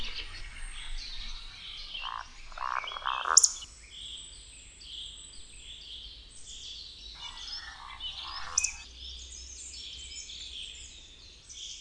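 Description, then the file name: Eurasian woodcock giving soft, guttural grunts followed by a brief high-pitched squeak, twice, with a dense background of singing birds. "slonka"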